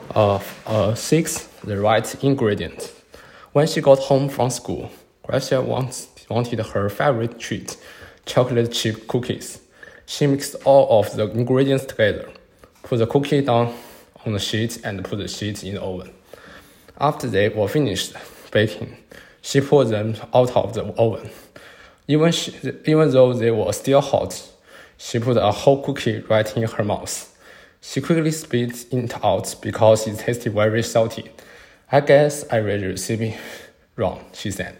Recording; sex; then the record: reading aloud after running; male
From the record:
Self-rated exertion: moderate exertion (3 of 6); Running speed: 8 miles an hour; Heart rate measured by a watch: 144 beats a minute at the start, 135 at the end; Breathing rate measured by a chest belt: 22 breaths a minute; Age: 25 years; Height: 174 cm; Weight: 71 kg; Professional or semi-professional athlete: no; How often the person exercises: 3 to 5 times a week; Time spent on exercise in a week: 2 to 3 hours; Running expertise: no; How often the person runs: 1 to 2 times a week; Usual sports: running, swimming, badminton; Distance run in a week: 8 km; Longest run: 10 km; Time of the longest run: 48 minutes